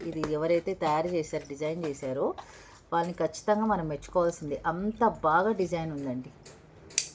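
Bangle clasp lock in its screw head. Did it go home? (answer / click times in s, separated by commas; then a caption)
yes / 7.0 s. A lock on the screw-system head of a designer bangle is closed while someone talks. Speech fills most of the clip, then a sharp, brief click sounds at 7.0 seconds as the clasp lock in its screw head clicks shut and engages.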